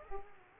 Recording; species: mosquito wingbeat signal from an infrared sensor; Aedes aegypti